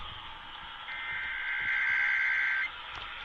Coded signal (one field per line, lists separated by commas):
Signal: Emergency Alert System (SAME) tones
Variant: header bursts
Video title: MISSOULA FINALLY DOES IT... EAS Tests from October 2024 (EAS #5,058 - 5,141)